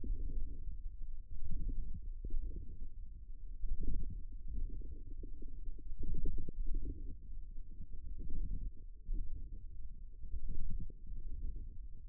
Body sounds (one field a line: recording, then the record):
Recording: forearm muscle sounds (acoustic myography)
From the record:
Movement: wrist flexion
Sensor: system 1, eight BSWA MPA416 microphones around the upper forearm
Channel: 8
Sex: male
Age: 54 years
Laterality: right